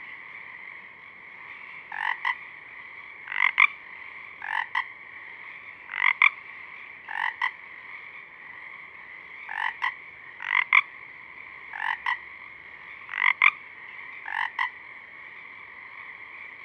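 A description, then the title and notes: Pacific chorus frogs call at dusk, a steady background chorus of overlapping trills with sharper two-part calls standing out every second or so. The calls come in quick doubled pulses, bright and regular, repeating across the whole stretch without a pause. Pacific Chorus Frogs (Pseudacris regilla), dusk, Parabolic. I sat a with a few of my newest tiny friends tonight, letting sing away in my ears through a parabolic reflector.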